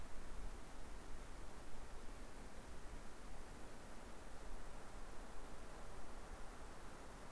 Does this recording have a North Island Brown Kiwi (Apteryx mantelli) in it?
no